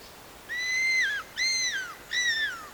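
Madagascar cuckoo-hawk giving three drawn-out mewing whistles, each held level then sliding downward, with rich overtones and short pauses between them.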